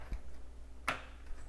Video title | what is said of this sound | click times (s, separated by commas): How to : 8 Year old First PC Build Kids Learning | Hold it in place, go straight in until you hear a snap. | 0.9 s